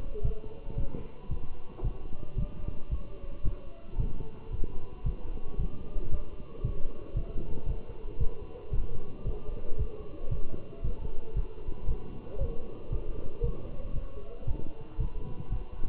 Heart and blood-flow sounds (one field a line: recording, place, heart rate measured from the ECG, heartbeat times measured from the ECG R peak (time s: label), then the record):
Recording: heart sounds by stethoscope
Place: between the tricuspid and mitral areas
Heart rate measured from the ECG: 114 bpm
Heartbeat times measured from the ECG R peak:
0.25 s: heartbeat
0.78 s: heartbeat
1.31 s: heartbeat
1.84 s: heartbeat
2.38 s: heartbeat
2.91 s: heartbeat
3.45 s: heartbeat
4.00 s: heartbeat
4.52 s: heartbeat
5.06 s: heartbeat
5.59 s: heartbeat
6.12 s: heartbeat
6.64 s: heartbeat
7.17 s: heartbeat
7.68 s: heartbeat
8.20 s: heartbeat
8.73 s: heartbeat
9.26 s: heartbeat
9.79 s: heartbeat
10.32 s: heartbeat
10.84 s: heartbeat
11.37 s: heartbeat
11.89 s: heartbeat
12.40 s: heartbeat
12.92 s: heartbeat
13.44 s: heartbeat
13.95 s: heartbeat
14.48 s: heartbeat
15.00 s: heartbeat
15.52 s: heartbeat
From the record:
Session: walking at 3.7 km/h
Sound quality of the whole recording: good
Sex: male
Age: 27 years